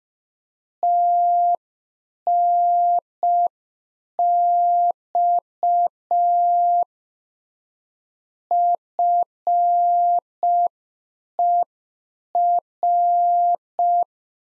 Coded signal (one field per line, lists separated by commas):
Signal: Morse code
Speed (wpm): 5 wpm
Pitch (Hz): 700 Hz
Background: none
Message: TNX FER